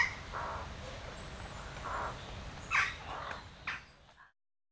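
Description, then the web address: Western jackdaw calls, a handful of soft chacks and a couple of sharper squawks before the sound cuts to silence. "Effects 02-Birds, Insects Animals. Birds Crown Jackdaws"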